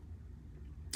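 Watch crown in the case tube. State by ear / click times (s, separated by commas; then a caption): released / 0.9 s. The screw-down crown of a Winfield MD-1 Heavy Duty automatic watch with an NH35 movement is unscrewed in its case tube over a low, steady hum. As the thread disengages, the spring-loaded crown pops out with a short, sharp click at 0.9 s.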